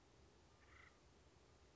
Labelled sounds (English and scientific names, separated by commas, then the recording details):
Acorn Woodpecker (Melanerpes formicivorus)
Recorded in Sonoma County, California